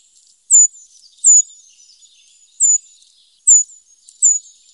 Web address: Faglar Sound Tradkrypare